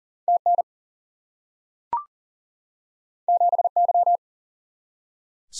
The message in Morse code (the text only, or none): TN 7Y